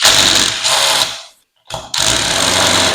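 A Milwaukee power drill/driver runs in reverse to back out an already damaged slotted screw set in a piece of wood, whirring steadily before briefly winding down to silence and starting up again. At 1.9 s the bit slips in the screw head with a sharp transient and keeps spinning without turning the screw out. The screw head is totally stripped and the screw stays stuck in the wood.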